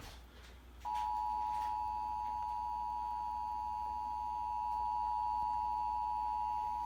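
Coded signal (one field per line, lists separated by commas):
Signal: Emergency Alert System (SAME) tones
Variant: 853 and 960 Hz attention tone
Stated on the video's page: Required Monthly Test caught on TV.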